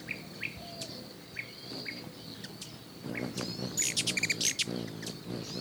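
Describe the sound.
Bird chirps: short upswept notes and a brief fast trill near the end, over a steady high whine and a scatter of other faint calls.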